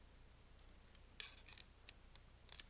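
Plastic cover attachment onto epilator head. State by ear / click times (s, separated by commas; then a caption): not seated / none. A plastic cover attachment is handled on the head of a Braun Silk Epil 7 Dual epilator, being pressed in, slid off and fitted back on. Short, sharp plastic ticks and scrapes sound at about 1.2, 1.6, 1.9, 2.5 and 2.6 seconds over a low, steady background hum. Nothing has clicked into place or seated yet.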